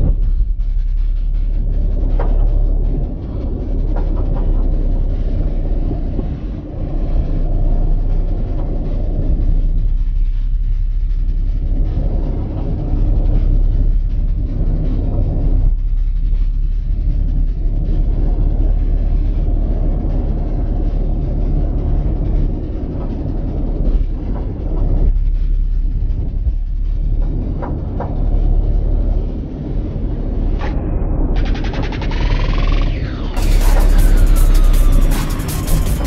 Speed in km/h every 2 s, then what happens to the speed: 29, 29, 27, 24, 24, 27, 27, 29, 29, 31, 29, 29, 29, 31, 29, 29, 27, 26.
0-9 steady at about 27. 9-17 speeds up to 31. 17-27 steady at about 29.